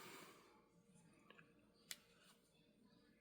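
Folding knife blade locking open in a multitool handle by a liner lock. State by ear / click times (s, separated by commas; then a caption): seated / 1.9 s. The folding knife blade of a metal multitool wrench is opened, and its liner lock snaps into place behind it with a sharp, bright click at 1.9 s, after a fainter tick at 1.3 s. The blade is seated and locked open, with the lock-up sitting in the mid position.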